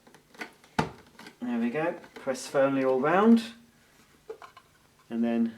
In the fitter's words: it clicks there